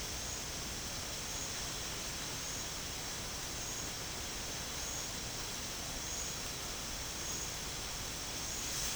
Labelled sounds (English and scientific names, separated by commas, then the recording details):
none
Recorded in pastures near Puerto Asís, Putumayo, Colombia, on 21 March 2025 at 12:30
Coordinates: 0.502, -76.324
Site GP07